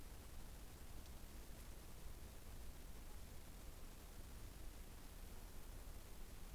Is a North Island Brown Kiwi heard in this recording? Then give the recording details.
no. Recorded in New Zealand on 15 November 2013. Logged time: 00:43. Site BV22